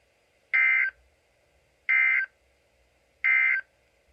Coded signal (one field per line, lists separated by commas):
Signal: Emergency Alert System (SAME) tones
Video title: Early Alerts of mine (EAS #11-20)